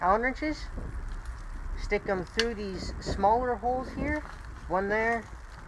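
A quarter-inch Allen wrench is handled at the small holes in the metal drive gear of a Husky air compressor (model 417 270) during a drive belt replacement, to lock the gear in place. Someone talks throughout, with faint handling noise underneath. Nothing has seated or clicked yet.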